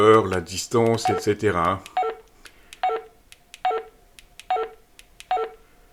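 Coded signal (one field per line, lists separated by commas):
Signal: none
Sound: radio's key press beeps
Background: speech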